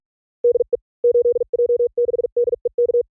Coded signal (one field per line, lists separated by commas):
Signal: Morse code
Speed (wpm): 45 wpm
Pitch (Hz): 480 Hz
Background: none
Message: DE 8J6DEK